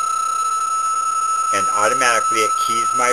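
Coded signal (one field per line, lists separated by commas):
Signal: PSK31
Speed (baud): 31.25 baud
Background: speech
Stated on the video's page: PSK31 contact made with Ham Radio Deluxe 5.0 beta, operating from Creel, Chihuahua, Mexico.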